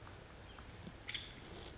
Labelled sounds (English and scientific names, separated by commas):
Brown Creeper (Certhia americana)